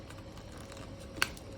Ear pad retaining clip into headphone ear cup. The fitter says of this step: 3 click. Okay, it's very straightforward, very simple.